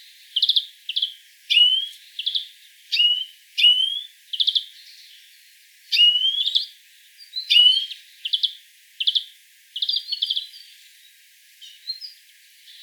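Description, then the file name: European greenfinch giving a steady run of call bursts, short rapid chirp trills mixed with upslurred whistled notes, roughly one phrase every second, with faint higher notes between. "Chloris chloris"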